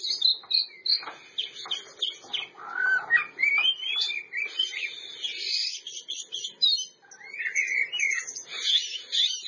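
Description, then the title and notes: Oriental magpie-robin song, a rapid, varied stream of high whistles, buzzy trills and chattering notes with short pauses, plus a lower whistled phrase early on. Champion singing bird. "Kicau Burung Kacer Juara. Suara Kicauan Burung Kacer Juara"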